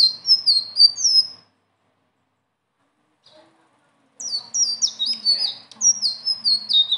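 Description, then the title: Leafbird song with a short burst of high falling whistles, a pause with a faint tick, then a longer fast chattering sequence of slurred notes. Song described as gacor (singing constantly) and ngeroll (rolling delivery) with isian (filler phrases); notes call it masteran, a tutor song. "BURUNG SELENDANG BIRU GACOR NGEROLL ISIAN"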